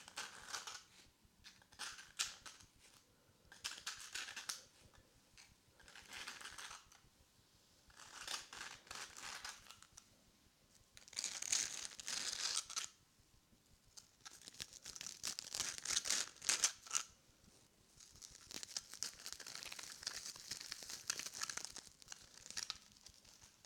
Ear Massage Ear Cupping Ear Rubbing Ear Brushing and Scissor Sounds